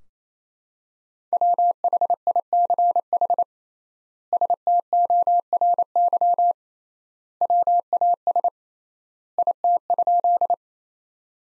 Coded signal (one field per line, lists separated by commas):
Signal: Morse code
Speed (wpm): 28 wpm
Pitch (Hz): 700 Hz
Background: none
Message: WHICH STORY WAS IT?